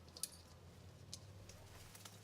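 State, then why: Seated. Two small metal spring clips on top of a window screen are compressed as the screen is pushed into the window frame, and it pops into place with a sharp click at 0.2 s. Fainter taps and rustles follow over a low steady hum, and the screen stays seated in the frame.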